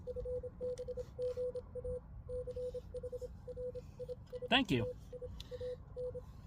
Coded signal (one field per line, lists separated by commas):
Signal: Morse code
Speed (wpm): 27 wpm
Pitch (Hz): 500 Hz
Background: speech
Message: FB GA CHRISTIAN